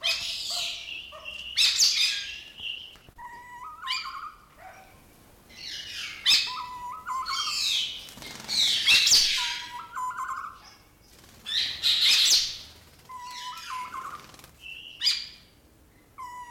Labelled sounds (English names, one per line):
Hooded Pitta call